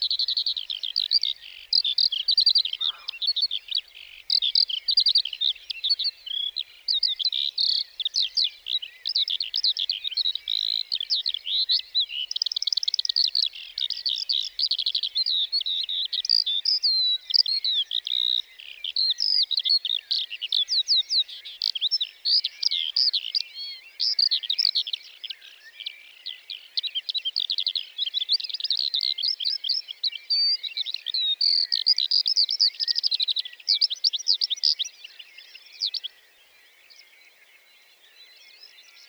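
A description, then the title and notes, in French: A lark sings from a perch before full daylight, a long unbroken stream of fast, bright, twittering notes that barely pauses for about 35 seconds. The song is clear, then stops abruptly, leaving near silence. A brief low thump sounds near the start. Plateau de Lesches en diois - Nagra seven - stéréo - cardio mkh40. Avant que le jour ne se lève totalement les alouettes commencent à chanter. Celle-ci ne s’envole pas de suite pour chanter dans les cieux mais reste perchée au sommet d'un buisson. Elle va ainsi chanter près d'un quart d'heure avant de s'envoler.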